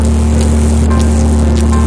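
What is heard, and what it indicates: Simulated tinnitus sounds played on a device: a steady low-pitched hum with broadband hiss, like the sounds patients hear in their ears.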